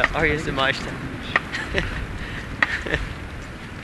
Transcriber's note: laughs